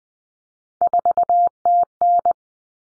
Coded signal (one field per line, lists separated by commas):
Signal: Morse code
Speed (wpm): 20 wpm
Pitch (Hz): 700 Hz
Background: none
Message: 4TN